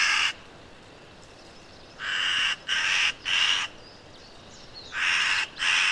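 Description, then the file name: Eurasian magpie uttering broad, noisy rattling calls in short bursts: a single burst, then a group of three, then two more after a pause. "Pica pica"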